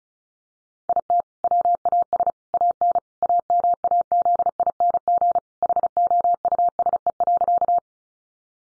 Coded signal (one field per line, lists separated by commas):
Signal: Morse code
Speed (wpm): 34 wpm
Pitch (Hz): 700 Hz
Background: none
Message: IT WAS AN AMAZING HOUSE.